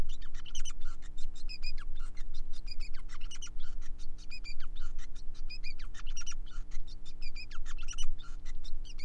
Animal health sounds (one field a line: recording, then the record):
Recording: song of a male Bengalese finch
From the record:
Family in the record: son of father 5